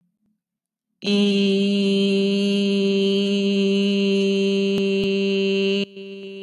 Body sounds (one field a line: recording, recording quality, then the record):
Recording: sustained vowel as in beet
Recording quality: excellent, no background noise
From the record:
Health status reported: healthy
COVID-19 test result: not tested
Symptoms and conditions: none ticked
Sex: female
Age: 22 years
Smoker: not ticked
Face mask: not worn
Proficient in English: yes